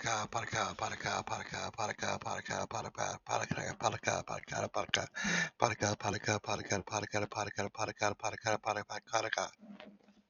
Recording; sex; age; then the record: repeated syllables /pa ta ka/; male; 40 to 49 years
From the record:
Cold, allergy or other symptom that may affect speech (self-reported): no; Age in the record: 41 years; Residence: Illinois, United States